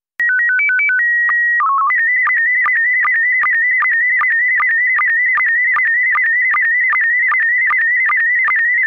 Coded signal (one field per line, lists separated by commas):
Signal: SSTV (slow-scan television)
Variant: PD 50